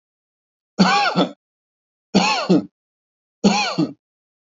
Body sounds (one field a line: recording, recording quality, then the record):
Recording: heavy voluntary cough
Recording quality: excellent, no background noise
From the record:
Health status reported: healthy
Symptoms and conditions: none ticked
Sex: male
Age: 60 years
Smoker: not ticked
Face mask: not worn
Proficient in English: yes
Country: India